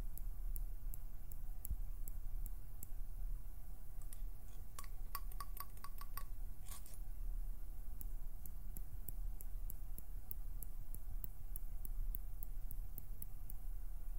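Sharp little plucking clicks tick over a steady low rumble, bunching into a quick fluttering flurry around five to seven seconds.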